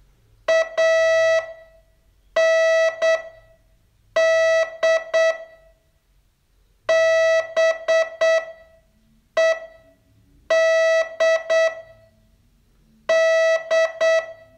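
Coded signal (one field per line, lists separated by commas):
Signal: Morse code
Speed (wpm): 8 wpm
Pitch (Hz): 650 Hz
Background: none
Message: A N D B E D D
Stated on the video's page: Morse training lesson, day 31 of a 42-day course.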